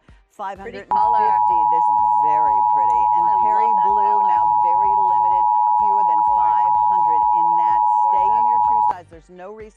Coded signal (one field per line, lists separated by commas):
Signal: Emergency Alert System (SAME) tones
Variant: 853 and 960 Hz attention tone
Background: speech, music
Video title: Pennsylvania Emergency Alert System (EAS) Tests - 1/2022